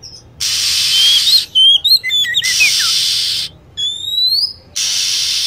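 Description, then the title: Lovebird chirps: a fast string of high whistled notes and one long rising whistle, set within heavy hissing noise. Recording used as a bird lure (pikat) to attract birds. "PIKAT BURUNG LOVEBIRD"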